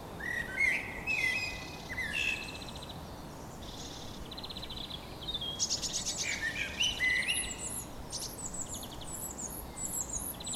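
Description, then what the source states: Bird song: quick chirps, whistled notes and rattling trills following one another throughout, over a light hiss. Evening birdsong.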